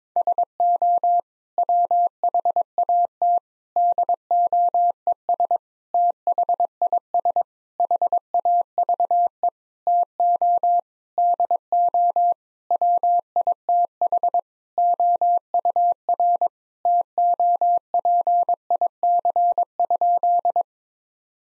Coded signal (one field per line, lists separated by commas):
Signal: Morse code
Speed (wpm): 22 wpm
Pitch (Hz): 700 Hz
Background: none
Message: SO WHAT DOES THIS HAVE TO DO WITH OUR TOPIC?